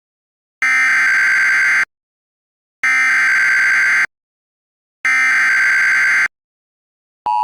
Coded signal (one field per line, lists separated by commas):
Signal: Emergency Alert System (SAME) tones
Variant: header bursts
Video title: EAS MOCK Assumption Shootout (REQUESTED)